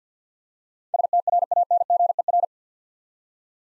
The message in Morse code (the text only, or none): STRANGER